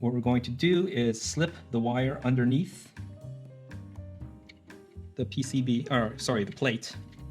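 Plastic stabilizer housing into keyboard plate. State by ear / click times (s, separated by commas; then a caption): not seated / none. A plastic keyboard stabilizer, already assembled, is handled with its wire being slipped under the metal keyboard plate while someone talks over background music. Soft ticks of handling come at about 3.7, 4.0, 4.5 and 4.7 seconds. The clip ends before the stabilizer is pressed home, so nothing has seated or snapped into the plate yet.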